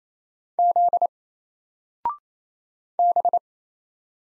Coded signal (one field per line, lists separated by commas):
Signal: Morse code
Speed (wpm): 27 wpm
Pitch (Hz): 700 Hz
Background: none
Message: Z B